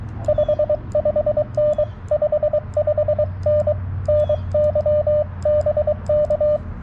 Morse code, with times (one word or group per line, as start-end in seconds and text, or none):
0.3-1.8 55N
2.1-3.7 55N
4.1-6.6 NYBK